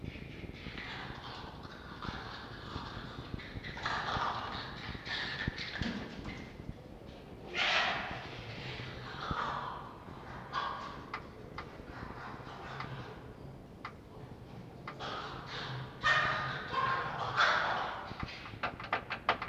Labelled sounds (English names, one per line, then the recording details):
Red Fox
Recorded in captivity
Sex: group
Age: adult
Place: Zoologisches Institut der HUB, Berlin, DE
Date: 1952-03-21 18:00
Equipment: Elmetra
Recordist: Tembrock, Günter